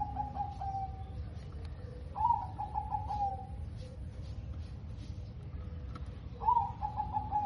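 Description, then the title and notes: Zebra dove cooing, faint, over a steady low rumble: a drawn hollow note, then two phrases of quick stuttered coos. Local zebra dove (perkutut lokal) singing actively (gacor), its voice described as clear and loud. "PERKUTUT LOKAL GACOR Suara KRISTAL LANTANG. Kicau Burung Perkutut"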